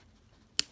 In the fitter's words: there we go, just clicks right into place.